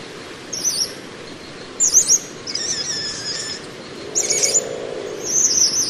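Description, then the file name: Lorikeet calls, thin high squeaky notes and a wavering buzzy trill, given in scattered short groups with quiet gaps between. "Лори -Лорикет -Попугай -Голоса-птиц"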